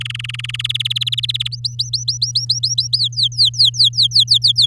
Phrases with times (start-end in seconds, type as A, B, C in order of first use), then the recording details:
0.00-0.67 A, 0.69-1.48 B, 1.52-2.97 C, 2.98-4.66 D. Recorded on 8 May 2018 at 13:23. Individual llb16